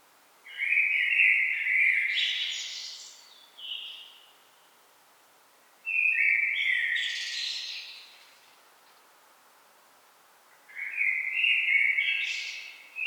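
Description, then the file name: Blackbird song: three loud fluting phrases, each finished with a high squeaky twitter, spaced about four to five seconds apart. "Turdus merula"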